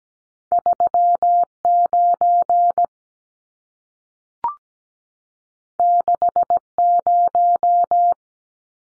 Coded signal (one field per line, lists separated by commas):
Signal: Morse code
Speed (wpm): 17 wpm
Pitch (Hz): 700 Hz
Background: none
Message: 39 60